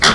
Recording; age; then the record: pig call; piglet (1 to 25 days)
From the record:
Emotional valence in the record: positive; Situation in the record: reunion after long isolation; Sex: female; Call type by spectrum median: high-frequency call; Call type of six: low-frequency tonal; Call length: 0.15 s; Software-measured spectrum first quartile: 1243 Hz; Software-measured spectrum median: 2441 Hz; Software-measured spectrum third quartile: 4384 Hz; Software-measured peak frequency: 1289 Hz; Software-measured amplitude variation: 86 dB a second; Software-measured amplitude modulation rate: 10.0 a second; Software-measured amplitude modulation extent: 8.6 dB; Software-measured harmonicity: -1.5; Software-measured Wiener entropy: -1.29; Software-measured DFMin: 1035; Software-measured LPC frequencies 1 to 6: 734, 1358, 1952, 3290, 4337, 4861 Hz